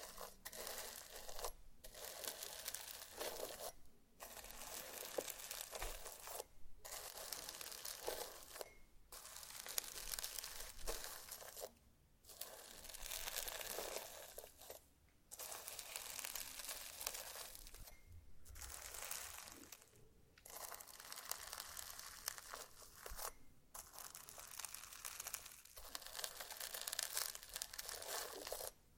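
Slime being squeezed and worked by hand, a dense crackling and popping texture that comes in bursts of a second or two, separated by brief silent gaps. The sound is bright and crisp, with little low end, and repeats steadily throughout.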